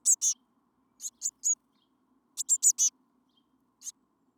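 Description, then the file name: Eurasian blue tit calling in short clusters of high, sharp chips, two, then three, then four notes, then a single note, separated by brief pauses, with a faint low hum underneath. "Cyanistes caeruleus"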